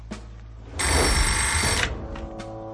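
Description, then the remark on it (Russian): A telephone bell rings once in a loud, shrill, rattling burst lasting about a second, with quiet background before and after and no one speaking. “иди тебя к телефону.”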